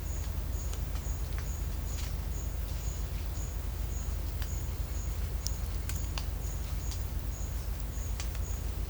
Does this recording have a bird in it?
no